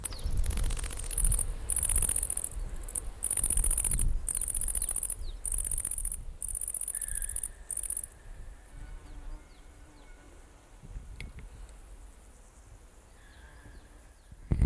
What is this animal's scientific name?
Tettigonia viridissima